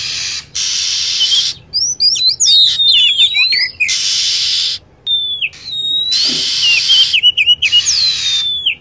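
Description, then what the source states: Lovebird calls: rasping screeches broken by busy clusters of shrill chirps and falling whistles, repeated several times. Lure sound used for attracting lovebirds.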